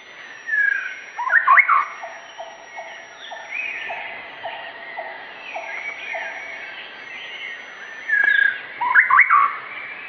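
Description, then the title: White-rumped shama song: loud looping whistles open and close the passage, with a series of steady low repeated tones beneath softer warbling. Pet-bird training (masteran) recording of a shama singing in the vigorous 'gacor' style, meant to teach kept birds to sing. "Suara Murai Batu Gacor"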